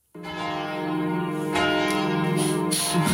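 Catholic church bells ring steadily with rich, layered overlapping tones, a full sustained peal that swells slightly partway through and keeps sounding without any voices.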